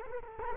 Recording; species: mosquito wingbeat signal from an infrared sensor; Culex quinquefasciatus